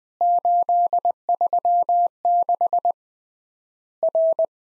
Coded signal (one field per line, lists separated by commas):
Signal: Morse code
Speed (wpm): 20 wpm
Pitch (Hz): 700 Hz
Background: none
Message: 836 R